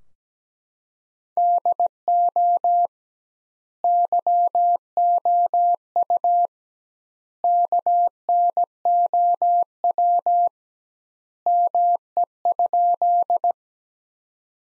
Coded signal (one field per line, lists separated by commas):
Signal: Morse code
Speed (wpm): 17 wpm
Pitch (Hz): 700 Hz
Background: none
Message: DO YOU KNOW ME?